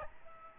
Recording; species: mosquito wingbeat signal from an infrared sensor; Aedes albopictus